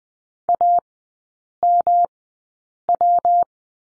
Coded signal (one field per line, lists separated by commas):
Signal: Morse code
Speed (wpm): 20 wpm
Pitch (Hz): 700 Hz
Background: none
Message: AMW